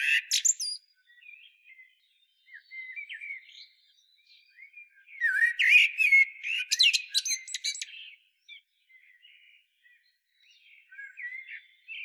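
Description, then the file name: Common blackbird song: a loud burst of fluty warbles mixed with high squeaky twitters near six seconds, between quieter whistled fragments. "Turdus merula"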